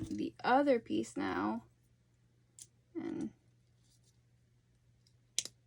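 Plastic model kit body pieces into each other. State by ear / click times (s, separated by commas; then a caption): seated / 5.4 s. Two plastic body pieces of a model kit are pressed into each other while someone talks, with faint handling sounds in between. A sharp snap at 5.4 s marks the body halves seating together.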